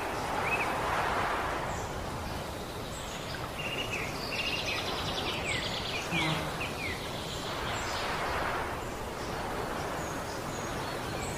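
Sounds of nature: a steady outdoor wash of noise runs throughout, swelling gently around the start and again near eight seconds. Scattered high bird chirps and calls flicker in and out from about three to eight seconds over the constant rumble.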